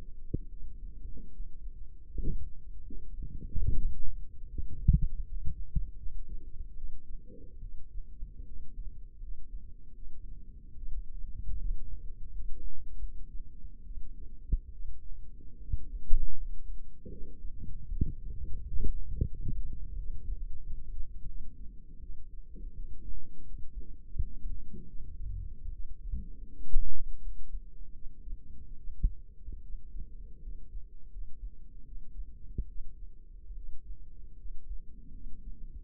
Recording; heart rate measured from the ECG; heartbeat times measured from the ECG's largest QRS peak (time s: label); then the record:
heart sounds by microphone in the left ear; 78 bpm
0.48 s: heartbeat
1.30 s: heartbeat
2.06 s: heartbeat
2.84 s: heartbeat
3.67 s: heartbeat
4.48 s: heartbeat
5.25 s: heartbeat
5.97 s: heartbeat
6.75 s: heartbeat
7.60 s: heartbeat
8.44 s: heartbeat
9.19 s: heartbeat
9.93 s: heartbeat
10.74 s: heartbeat
11.57 s: heartbeat
12.30 s: heartbeat
13.00 s: heartbeat
13.84 s: heartbeat
14.71 s: heartbeat
15.59 s: heartbeat
16.34 s: heartbeat
17.10 s: heartbeat
17.88 s: heartbeat
18.62 s: heartbeat
19.30 s: heartbeat
19.96 s: heartbeat
20.59 s: heartbeat
21.27 s: heartbeat
22.01 s: heartbeat
22.75 s: heartbeat
23.44 s: heartbeat
24.11 s: heartbeat
24.86 s: heartbeat
25.71 s: heartbeat
26.51 s: heartbeat
27.20 s: heartbeat
27.93 s: heartbeat
28.76 s: heartbeat
29.61 s: heartbeat
30.40 s: heartbeat
31.09 s: heartbeat
31.84 s: heartbeat
32.67 s: heartbeat
33.55 s: heartbeat
34.36 s: heartbeat
35.12 s: heartbeat
From the record:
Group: healthy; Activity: cold pressor test 0-30 s, rest 30-36 s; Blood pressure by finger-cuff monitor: 97/52 mmHg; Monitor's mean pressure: 67 mmHg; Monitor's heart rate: 78 bpm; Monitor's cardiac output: 7.4 L/min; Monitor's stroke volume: 95 mL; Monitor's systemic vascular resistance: 640 dyn s/cm5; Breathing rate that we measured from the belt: 17 breaths a minute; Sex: female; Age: 22 years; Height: 160 cm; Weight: 63 kg